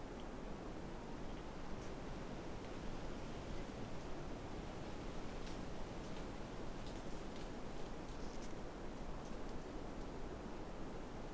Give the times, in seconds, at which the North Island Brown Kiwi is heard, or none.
none